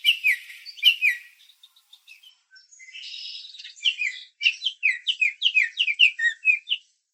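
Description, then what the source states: Bird chirping busily: quick sweeping chirps, a brief buzzy passage, then a run of rapid downslurred chirps. Arizona.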